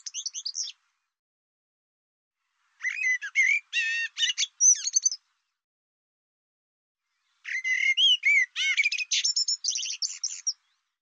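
Bird produces bouts of quick, twittering notes, mostly high and bright, with a rising and falling pattern, in three groups separated by pauses.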